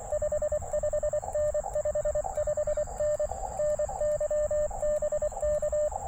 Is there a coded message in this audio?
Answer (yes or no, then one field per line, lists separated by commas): yes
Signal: Morse code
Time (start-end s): 0.1-5.9 s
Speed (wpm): 23 wpm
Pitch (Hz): 600 Hz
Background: none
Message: 55N 55N NY BK